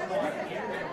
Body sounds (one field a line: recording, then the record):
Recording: coughing mixed with background sound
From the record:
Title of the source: Coughing Man Sound - Man Cough Sound Effect